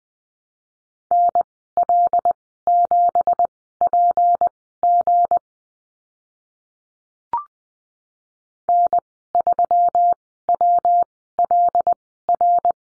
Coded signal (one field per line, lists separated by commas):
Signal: Morse code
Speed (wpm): 20 wpm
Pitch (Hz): 700 Hz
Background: none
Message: NL7PG N3WLR